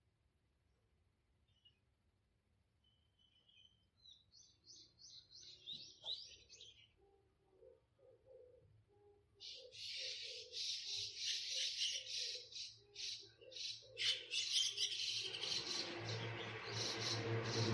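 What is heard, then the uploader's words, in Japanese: Garden birds call, starting faint then building into dense high chirping from about ten seconds, over low cooing and a steady low hum. 毎朝庭で聞こえる鳥の声を録音しました。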